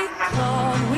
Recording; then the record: coughing mixed with background sound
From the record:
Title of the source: Coughing Man Sound - Man Cough Sound Effect